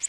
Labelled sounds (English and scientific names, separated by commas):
Orange-crowned Warbler (Leiothlypis celata) flight call